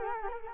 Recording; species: mosquito wingbeat signal from an infrared sensor; Culex quinquefasciatus